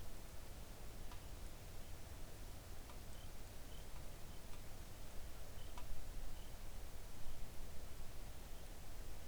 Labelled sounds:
seabird
rain
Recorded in the Arctic National Wildlife Refuge, Alaska, on 3 August 2019 at 05:47
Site 41

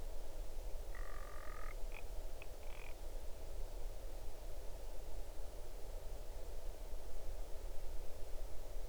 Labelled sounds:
grouse or ptarmigan
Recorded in the Arctic National Wildlife Refuge, Alaska, on 8 June 2019 at 00:52
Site 40

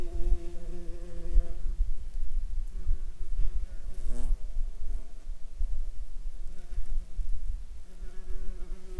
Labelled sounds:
insects
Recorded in Ivvavik National Park, Yukon, on 3 July 2019 at 23:57
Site SINP09

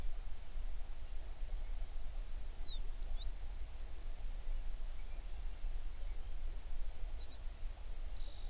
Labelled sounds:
songbird
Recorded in the Prudhoe Bay oil fields, Alaska, on 11 June 2019 at 05:39
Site 21

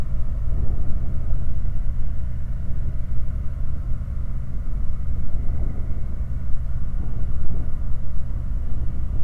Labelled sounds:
machinery
flare stack
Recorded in the Prudhoe Bay oil fields, Alaska, on 18 August 2019 at 22:05
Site 29

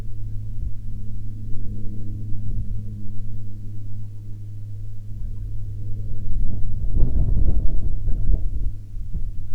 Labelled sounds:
waterfowl
wind
aircraft
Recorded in the Prudhoe Bay oil fields, Alaska, on 22 August 2019 at 14:51
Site 14

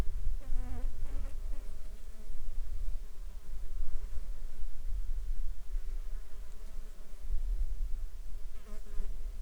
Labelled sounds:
insects
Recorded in the Arctic National Wildlife Refuge, Alaska, on 21 June 2019 at 10:29
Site 33

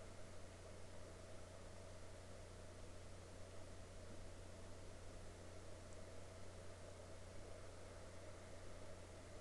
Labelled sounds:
aircraft
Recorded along the Dempster Highway, Canada, on 7 May 2019 at 03:24
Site 13

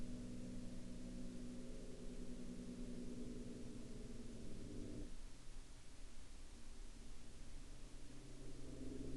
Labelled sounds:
truck
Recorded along the Dalton Highway, Alaska, on 11 April 2019 at 22:49
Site 09

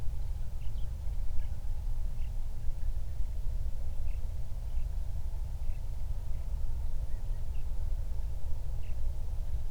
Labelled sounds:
songbird
wind
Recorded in the Prudhoe Bay oil fields, Alaska, on 31 July 2019 at 08:41
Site 24

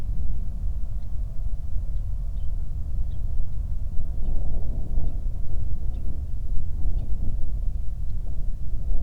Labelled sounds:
songbird
flare stack
wind
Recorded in the Prudhoe Bay oil fields, Alaska, on 8 July 2019 at 00:55
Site 25

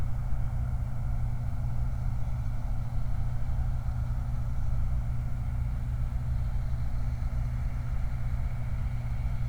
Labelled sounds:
truck
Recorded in the Prudhoe Bay oil fields, Alaska, on 29 July 2019
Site 29

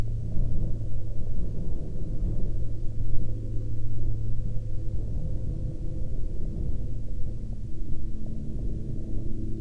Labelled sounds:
aircraft
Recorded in the Arctic National Wildlife Refuge, Alaska, on 17 May 2021 at 15:46
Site 35

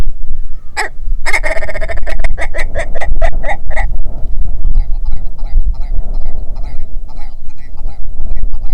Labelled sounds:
grouse or ptarmigan
wind
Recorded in the Prudhoe Bay oil fields, Alaska, on 6 June 2019 at 03:44
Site 16

